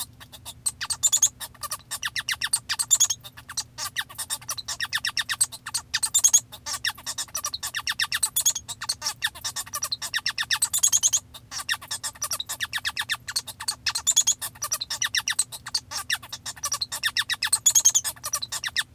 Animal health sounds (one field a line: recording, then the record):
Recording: song of a male Bengalese finch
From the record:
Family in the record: father 1